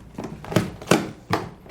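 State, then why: Seated. The telescoping plastic pull handle on the waste cassette of a Thetford C402C RV cassette toilet is pushed back down into its stowed position. Sharp clicks sound at 0.9 s and 1.3 s, and the handle locks into place, fully seated.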